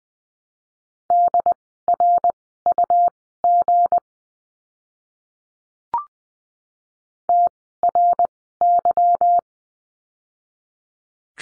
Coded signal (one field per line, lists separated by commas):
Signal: Morse code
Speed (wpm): 20 wpm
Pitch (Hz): 700 Hz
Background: none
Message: DRUG TRY